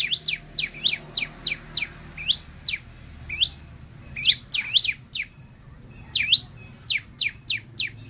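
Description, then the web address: White-eye song: a quick series of sharp, high downslurred chirps, some with short upward hooks, coming in bursts with brief pauses between. The white-eye's flock-calling song (gọi bầy). "tieng chim sau xanh hot goi bay"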